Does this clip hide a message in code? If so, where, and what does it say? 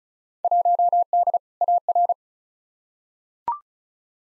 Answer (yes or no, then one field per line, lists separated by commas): yes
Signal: Morse code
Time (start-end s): 0.4-2.1 s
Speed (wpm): 34 wpm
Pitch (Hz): 700 Hz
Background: none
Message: 1D AR